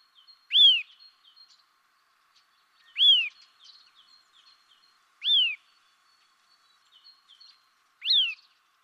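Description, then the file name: Eurasian nuthatch calls: four loud, clear, down-arching whistled notes spaced about every two and a half seconds, with soft twittering between them. "Sitta europaea"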